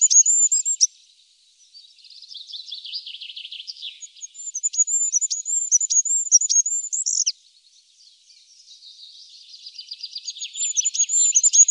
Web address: Faglar Sound Kungsfagel